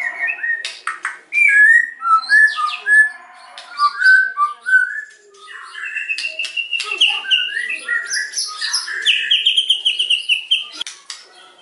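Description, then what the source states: White-rumped shama singing a long, varied medley of clear whistles, quick chirps and rattling trills, with short pauses between phrases. Lure recording (pancingan) meant to provoke a response from other birds; the bird is described as singing actively (gacor).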